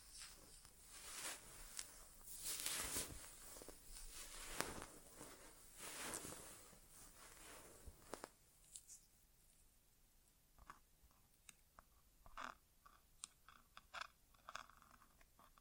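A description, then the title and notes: An ASMR ear exam without talking: dense rustling and scraping for eight seconds, then quieter, sparse taps and crinkles in near silence. ASMR Inner Ear Exam (No Talking).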